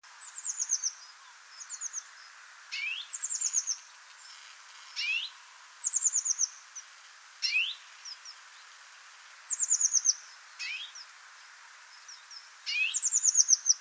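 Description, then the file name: Eurasian blue tit calling: bursts of high, thin falling notes, alternating with quick lower upward-sweeping notes, repeated several times. "Cyanistes caeruleus"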